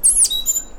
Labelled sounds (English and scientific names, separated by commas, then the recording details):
Stitchbird (Notiomystis cincta) song
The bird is a male
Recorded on Tiritiri Matangi Island, New Zealand, in 2005
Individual 1, of nest box 1